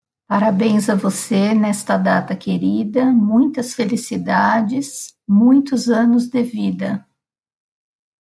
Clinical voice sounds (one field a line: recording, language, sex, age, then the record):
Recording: short text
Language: Brazilian Portuguese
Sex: female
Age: 50 to 59 years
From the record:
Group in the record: control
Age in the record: 55 years